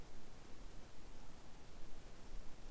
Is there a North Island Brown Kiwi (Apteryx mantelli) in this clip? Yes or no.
no